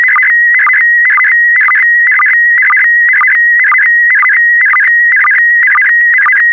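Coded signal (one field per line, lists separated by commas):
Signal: SSTV (slow-scan television)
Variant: PD120 mode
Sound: steady high whistling tone broken twice a second by quick warbling chirps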